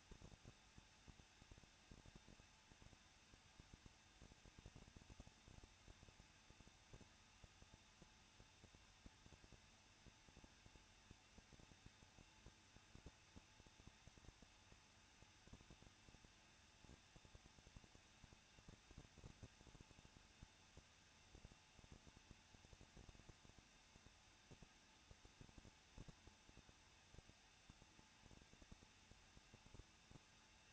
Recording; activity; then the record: daily activity, microphone in the room; no activity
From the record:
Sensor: 2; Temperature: 21.0 degrees Celsius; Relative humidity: 37.6%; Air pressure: 1006.2 hPa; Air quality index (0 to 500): 224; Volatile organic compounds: 25 ppm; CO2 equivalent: 2847 ppm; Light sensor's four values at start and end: 2/3/2/2 and 2/3/2/2